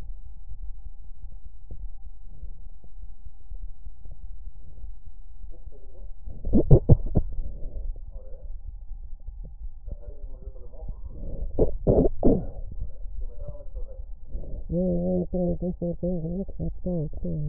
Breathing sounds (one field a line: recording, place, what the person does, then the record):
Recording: lung sounds by stethoscope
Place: left anterior apical chest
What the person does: quiet breathing, then cough and speech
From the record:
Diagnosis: interstitial lung disease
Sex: female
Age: 70 years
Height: 160 cm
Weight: 93 kg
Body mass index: 36.3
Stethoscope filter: extended mode